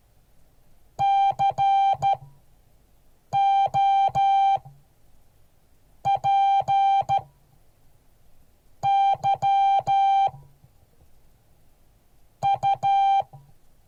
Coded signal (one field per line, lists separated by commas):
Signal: Morse code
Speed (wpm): 13 wpm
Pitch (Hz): 790 Hz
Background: music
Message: COPY U